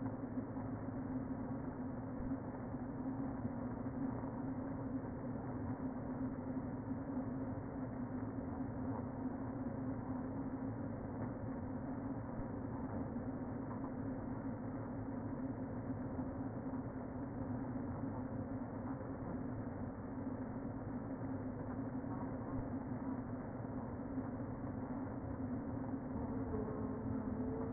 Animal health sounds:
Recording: honeybee colony, microphone inside the hive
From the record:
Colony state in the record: queen present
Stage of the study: before two queens were removed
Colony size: about 60,000 bees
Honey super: yes

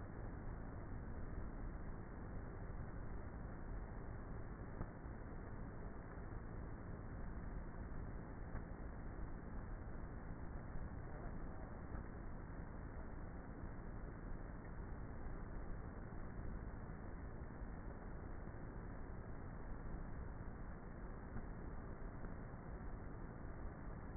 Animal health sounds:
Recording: honeybee colony, microphone inside the hive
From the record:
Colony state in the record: queenless with a low population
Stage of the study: before two queens were removed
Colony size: about 30,000 bees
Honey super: no

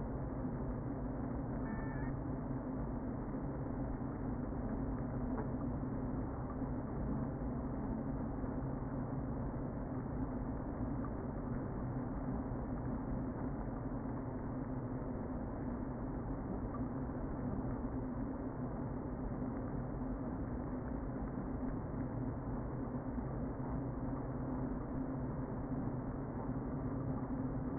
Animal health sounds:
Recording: honeybee colony, microphone inside the hive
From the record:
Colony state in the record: queen present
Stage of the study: before two queens were removed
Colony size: about 60,000 bees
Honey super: yes

